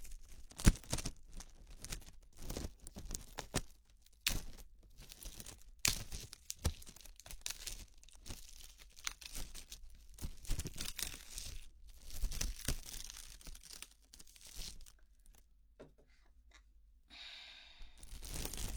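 Foam cling wrap is rubbed and crumpled, giving a dense run of crisp crinkles and crackling snaps with uneven, busy rhythm. Loud bursts stand out near the start and around 5 and 12 seconds; things thin out briefly after 14 seconds before a thick rustle near the end.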